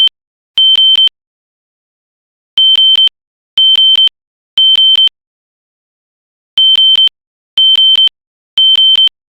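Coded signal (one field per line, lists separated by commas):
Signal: alarm pattern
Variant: temporal three, 3 kHz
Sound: shrill high beeps in sets of three, half-second each, pause, repeating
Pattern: temporal three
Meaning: Temporal-3 pattern signals a fire alarm and evacuation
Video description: This is a sound effect of the System Sensor SpectrAlert Classic horn strobe on it's temp 3 3k setting to sound like an old smoke alarm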